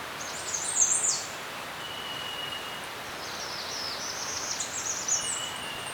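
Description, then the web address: Birds chirping: a high, rapid twittering burst near the start and a longer trilling run later, with a thin steady whistle beneath, over a constant hiss of background noise. Birds chirping in a serene forest. "Dr Sound Effects. Birds Chirping In a Serene Forest"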